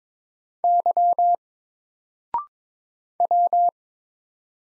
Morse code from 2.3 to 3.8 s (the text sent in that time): W